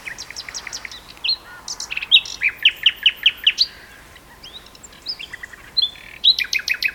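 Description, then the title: Common nightingale song: a series of loud repeated chirps, then whistles and quick rattled phrases, a faint steady hum underneath. Two nightingales singing a duet on heathland at Westleton Heath. "sanderson. nightingale duet on westleton heath"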